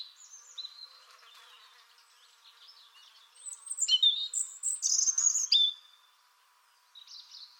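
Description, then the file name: European robin, fairly soft, giving a short burst of thin, high, fluttering notes midway, with scattered quieter twitters around it. "Erithacus rubecula"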